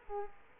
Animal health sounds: mosquito wingbeat signal from an infrared sensor; Culex quinquefasciatus

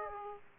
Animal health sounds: mosquito wingbeat signal from an infrared sensor; Aedes aegypti

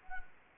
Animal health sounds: mosquito wingbeat signal from an infrared sensor; Anopheles arabiensis

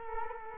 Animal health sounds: mosquito wingbeat signal from an infrared sensor; Culex quinquefasciatus

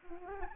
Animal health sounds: mosquito wingbeat signal from an infrared sensor; Anopheles arabiensis

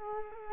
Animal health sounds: mosquito wingbeat signal from an infrared sensor; Culex quinquefasciatus

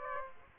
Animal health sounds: mosquito wingbeat signal from an infrared sensor; Aedes aegypti

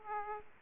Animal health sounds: mosquito wingbeat signal from an infrared sensor; Aedes aegypti

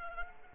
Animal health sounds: mosquito wingbeat signal from an infrared sensor; Culex quinquefasciatus

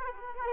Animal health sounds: mosquito wingbeat signal from an infrared sensor; Aedes aegypti

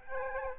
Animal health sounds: mosquito wingbeat signal from an infrared sensor; Aedes aegypti

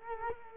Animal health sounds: mosquito wingbeat signal from an infrared sensor; Culex quinquefasciatus

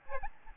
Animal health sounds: mosquito wingbeat signal from an infrared sensor; Aedes albopictus

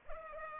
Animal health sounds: mosquito wingbeat signal from an infrared sensor; Culex pipiens

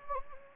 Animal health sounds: mosquito wingbeat signal from an infrared sensor; Anopheles gambiae

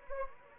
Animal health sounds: mosquito wingbeat signal from an infrared sensor; Anopheles gambiae

